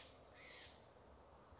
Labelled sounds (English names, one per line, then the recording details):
White-breasted Nuthatch
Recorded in Sonoma County, California